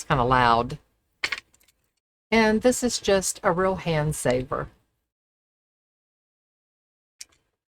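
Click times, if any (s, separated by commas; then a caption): 1.2 s. Someone talks while a plastic washer backing is pressed onto the shank of a 24 mm plastic safety eye in a knitted doll using a snap-on tool. A sharp snap is heard at 1.2 s, followed by a few faint ticks, and the backing is seated on the shank. More talking follows, then a brief short sound near 7.2 s.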